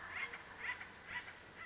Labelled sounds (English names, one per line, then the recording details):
Acorn Woodpecker
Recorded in Sonoma County, California